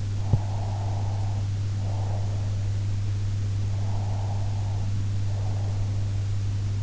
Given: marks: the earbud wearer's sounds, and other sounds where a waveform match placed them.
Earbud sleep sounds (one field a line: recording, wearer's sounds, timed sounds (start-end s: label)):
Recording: sounds in sleep by an in-ear microphone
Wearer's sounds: breath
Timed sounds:
0.30-2.84 s: breath
3.67-6.30 s: breath